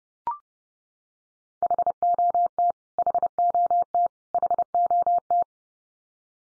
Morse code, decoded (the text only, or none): HOT HOT HOT